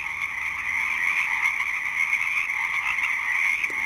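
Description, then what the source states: Chorus of Pacific chorus frogs, a steady wall of overlapping raspy trills that holds constant throughout, with no clear gaps between callers. Marsh soundscape recorded April 22 around 3 a.m., played back in sync with the time of recording.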